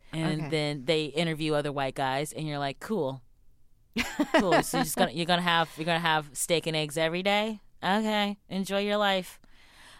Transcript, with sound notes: And then they interview other white guys. And you're like, cool.
(Laughter).
So you're just going to have - you're going to have steak and eggs every day? OK. Enjoy your life.